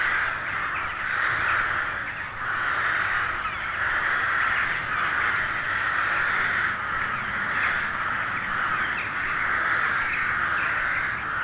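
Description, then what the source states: Crows calling together in numbers, an uninterrupted raucous babble of overlapping caws with gentle rises and dips in volume. Hundreds of crows gathering at dusk in winter to settle for the night in a poplar wood at Neuflize.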